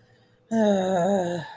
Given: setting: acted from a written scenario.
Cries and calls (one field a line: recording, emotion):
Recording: vocal sound without words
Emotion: guilt